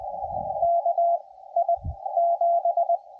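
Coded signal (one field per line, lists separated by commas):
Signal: Morse code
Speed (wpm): 20 wpm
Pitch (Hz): 680 Hz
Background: radio noise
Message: KI7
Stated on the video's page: CW during a homebrew POTA activation, QRP Labs QMX radio, iambic paddle, QRP Guys antenna.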